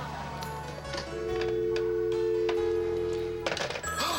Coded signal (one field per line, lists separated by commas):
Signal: telephone call progress tone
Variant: North America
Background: music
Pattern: dial tone